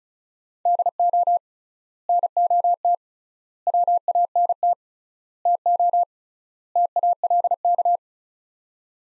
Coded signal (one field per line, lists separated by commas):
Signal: Morse code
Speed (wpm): 36 wpm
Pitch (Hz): 700 Hz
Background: none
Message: DO NOT WANT TO TALK